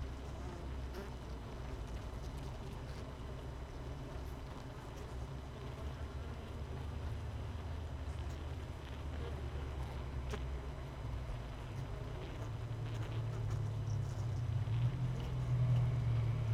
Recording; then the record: honeybee colony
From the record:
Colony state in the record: missing queen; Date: 31 May 2018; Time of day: 17:46